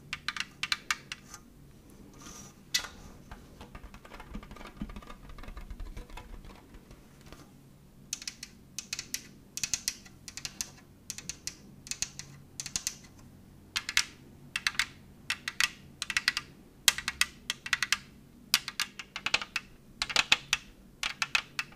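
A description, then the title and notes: Crisp tapping on a hard surface, sounding much like fingers on a keyboard. The taps come in uneven clusters at first, pause briefly around the eighth second, then turn steady and regular, about two or three per second, to the end. Tapping ASMR.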